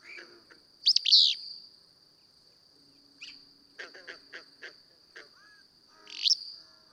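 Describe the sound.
Willow flycatcher song: a loud sneezy buzz, then a run of short ticks and chips, then another buzzy phrase five seconds later; faint high tone throughout.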